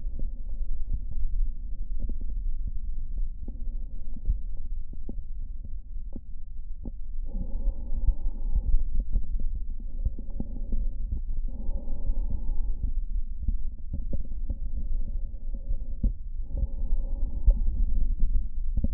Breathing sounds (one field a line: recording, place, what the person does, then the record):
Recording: lung sounds by stethoscope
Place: right posterior basal chest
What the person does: quiet breathing, then deep breathing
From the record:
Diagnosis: interstitial lung disease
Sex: male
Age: 66 years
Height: 164 cm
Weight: 76.2 kg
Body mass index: 28.3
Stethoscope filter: diaphragm mode